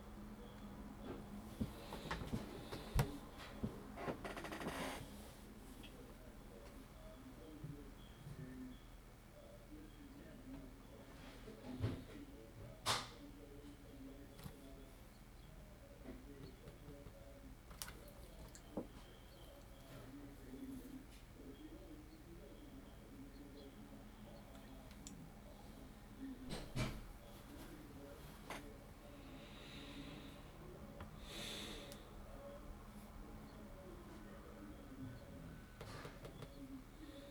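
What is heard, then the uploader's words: Typing with a radio playing in the background: a low, steady murmur of voice runs throughout, while sparse key clicks and taps come in small bursts. Typing is busiest in the first five seconds, then scattered sharp clicks appear near 13, 18 and 27 seconds. Background radio. Typing and thinking with the radio in the background.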